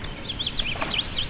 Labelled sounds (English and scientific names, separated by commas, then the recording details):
House Finch (Haemorhous mexicanus) song
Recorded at Oakdale on Long Island, New York, on 18 June 2013
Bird C